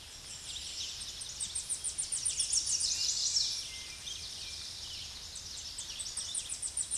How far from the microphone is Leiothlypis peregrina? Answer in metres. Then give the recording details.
about 20 m. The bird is about 10 m above the microphone. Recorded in a Pennsylvania forest on 16 May 2024 at 07:32. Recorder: AudioMoth, point MSD-0263. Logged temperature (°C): 16.0 °C. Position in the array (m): 81 m, 221 m